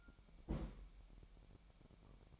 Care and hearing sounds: daily activity, microphone in the room; place on stove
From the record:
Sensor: 1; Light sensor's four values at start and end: 63/150/64/68 and 63/150/64/68

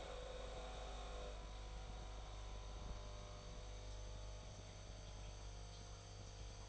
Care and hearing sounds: daily activity, microphone in the room; make coffee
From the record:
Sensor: 5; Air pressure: 1009.5 hPa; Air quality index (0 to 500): 168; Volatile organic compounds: 4 ppm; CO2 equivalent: 1626 ppm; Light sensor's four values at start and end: 95/250/102/108 and 95/251/102/108

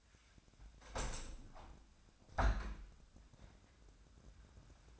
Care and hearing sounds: daily activity, microphone in the room; open window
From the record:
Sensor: 2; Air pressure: 1006.3 hPa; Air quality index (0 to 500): 187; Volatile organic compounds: 11 ppm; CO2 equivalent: 2280 ppm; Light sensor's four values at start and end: 8/20/8/8 and 9/21/8/9

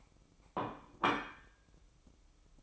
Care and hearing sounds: daily activity, microphone in the room; place plate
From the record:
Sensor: 1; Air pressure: 1007.5 hPa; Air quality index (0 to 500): 76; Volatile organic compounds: 1 ppm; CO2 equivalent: 662 ppm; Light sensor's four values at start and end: 7/18/7/8 and 7/18/7/8

